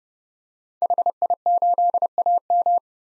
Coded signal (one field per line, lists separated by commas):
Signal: Morse code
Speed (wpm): 30 wpm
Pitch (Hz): 700 Hz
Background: none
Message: HI8AM